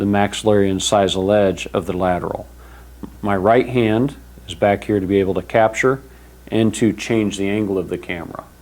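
Someone talks while handling a handheld intraoral camera, holding its neck against an upper incisor edge and changing the camera's angle before adjusting its focus mechanism. The focus ring has not yet clicked into its first detent, and nothing has seated by the end of the clip.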